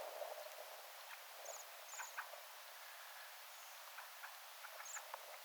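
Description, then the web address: Bohemian waxwing calls: thin, high, trilling notes given singly, three or four in all, among soft ticking and clicking sounds over a constant hiss. Flock calling calmly on an island, 17 December 2024. "paivat 17 12 2024 tilhiparven rauhallista aantelya saaressa"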